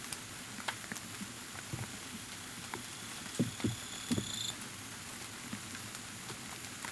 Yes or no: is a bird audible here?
no